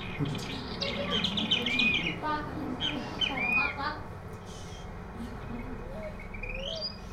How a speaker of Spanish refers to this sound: Un pollito.